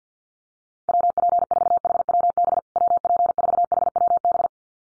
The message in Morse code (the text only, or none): WP4HWB WP4HWB